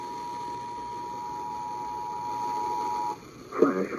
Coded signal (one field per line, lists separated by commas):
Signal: Emergency Alert System (SAME) tones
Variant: 853 and 960 Hz attention tone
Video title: TIME FOR WEATHER! EAS Alerts on 7/30-8/1/2022 (EAS #174-180)